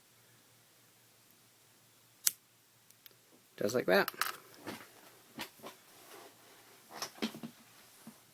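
The original plastic piece, swapped back after another piece was popped off, is pushed into the pistol of an S.H.Figuarts Gokai Red action figure and snaps in with a sharp, loud click at 2.3 s, seating it. Someone talks, and softer handling clicks and rustles follow.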